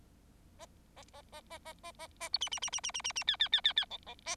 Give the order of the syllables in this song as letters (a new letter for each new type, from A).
A A A A A A A A A B C C C C C C C C D D D D D E E A